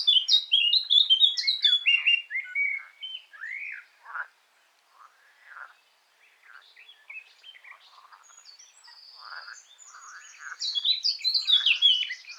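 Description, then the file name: Eurasian blackcap singing a bright warble that slides downward, then softer, quieter notes, then a second loud warbled phrase near the end. "Sylvia atricapilla"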